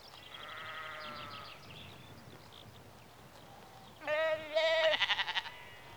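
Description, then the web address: Sheep bleating, a soft bleat followed by louder quavering bleats. Sheep in a rural exterior atmosphere, early evening, recorded mid close. "BBC Sound Effects Library BBC 52-Exterior Atmospheres-Rural Backg 10 Sheep Early Evening-Mid Close"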